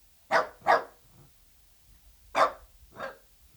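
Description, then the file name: Dachshund giving a quick pair of sharp barks, then after a pause two more, the last one softer. "Het blaffen van een teckel - Beeld en Geluid"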